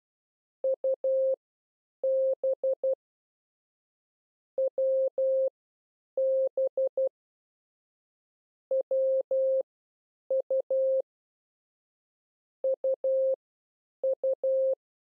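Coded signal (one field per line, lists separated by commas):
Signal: Morse code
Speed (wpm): 12 wpm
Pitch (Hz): 530 Hz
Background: none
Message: UB WB WU UU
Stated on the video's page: Morse code lesson teaching letters U, W and B.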